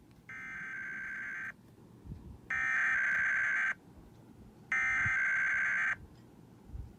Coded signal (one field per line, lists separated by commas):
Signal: Emergency Alert System (SAME) tones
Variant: header bursts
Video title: IPAWS Required Weekly Test (EAS #203 213) 7/12/21